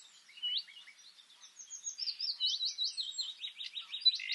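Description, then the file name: Common nightingale song, fairly quiet: a run of varied twisting whistled notes that grows louder into fast, slurred repeated phrases. "Luscinia megarhynchos"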